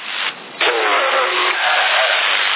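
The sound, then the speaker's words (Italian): A car engine turns over with a brief rough sputter, then catches and roars into a loud, steady rev that holds for a couple of seconds with no voices. “Avvio!”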